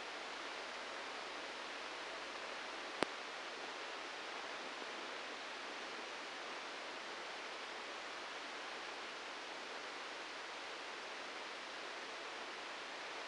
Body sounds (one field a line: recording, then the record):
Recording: brain microelectrode recording played as sound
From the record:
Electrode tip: outside the subthalamic nucleus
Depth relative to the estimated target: 6 mm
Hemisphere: right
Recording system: NeuroSet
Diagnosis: Parkinson's disease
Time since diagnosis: 9 years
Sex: male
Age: 56 years